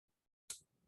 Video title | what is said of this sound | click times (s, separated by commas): Online Class: Learn the Right Angle Weave Stitch with Danielle Wickes and John Bead - Michaels | there's a clicking sound you'll get when you close those jump rings and | 0.5 s